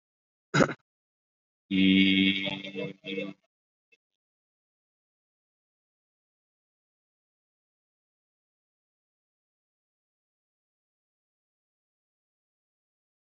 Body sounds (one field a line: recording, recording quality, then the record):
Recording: sustained vowel as in beet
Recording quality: excellent, no background noise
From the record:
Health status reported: COVID-19 positive, no symptoms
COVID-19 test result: positive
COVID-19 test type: RT-PCR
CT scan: not taken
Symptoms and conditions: ischaemic heart disease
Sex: male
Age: 45 years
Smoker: yes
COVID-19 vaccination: one dose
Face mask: worn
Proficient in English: no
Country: India